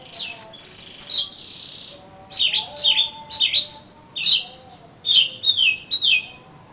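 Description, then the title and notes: Oriental magpie-robin singing clear, ringing whistles and slurred notes in quick phrases, with a steady faint high tone running behind. "suara kacer. kumpulan suara burung kacer"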